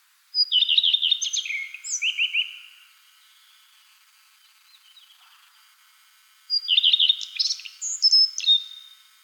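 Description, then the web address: Redstart singing two brief phrases about four seconds apart, each a clear high introductory note followed by fast slurred falling notes and a twittery, squeaky finish. "animal-sound redstart-sound"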